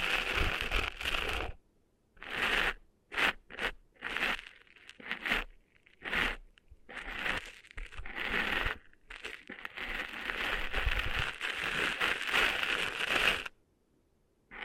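Cleaning sand out of an ear produces scratchy, crackling rubs that come in short bursts with brief silences between them, quickening around three to four seconds. From about nine seconds the scraping runs longer and denser, then stops abruptly near thirteen and a half seconds.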